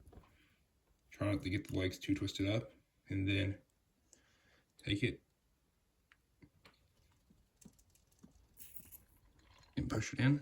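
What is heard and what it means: Someone talks while the plastic leg of a vintage Masters of the Universe action figure, held by a new leg band, is handled and lined up with the figure's hip socket before being pushed in. Faint handling clicks and taps are heard between the talking. The leg has not seated or clicked into place yet.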